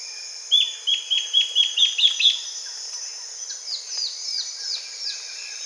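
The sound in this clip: Bird calls, a series of about eight clear, evenly spaced high notes that quicken slightly, then softer descending notes, over a steady high background drone.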